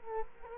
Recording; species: mosquito wingbeat signal from an infrared sensor; Culex quinquefasciatus